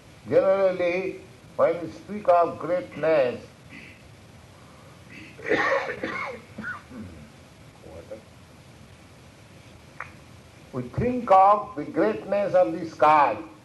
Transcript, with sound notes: Generally when we speak of greatness... [coughs] ...we think of the greatness of the sky.